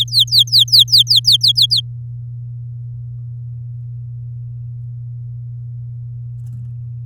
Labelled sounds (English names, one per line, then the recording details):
Domestic Canary song
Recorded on 8 May 2018 at 07:09
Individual llb16